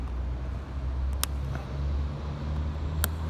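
Two side tabs of a Titan Drones suction-cup external antenna mount are pressed down, one on each side, to lock it onto a car windshield over a steady low rumble. Sharp clicks at 1.2 s and 3.0 s mark each tab locking, with a faint tick at 1.6 s. The mount ends up seated and firmly held.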